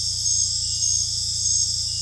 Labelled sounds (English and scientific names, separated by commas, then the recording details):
none
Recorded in secondary vegetation near Puerto Asís, Putumayo, Colombia, on 18 December 2024 at 20:30
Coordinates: 0.484, -76.319
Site GP06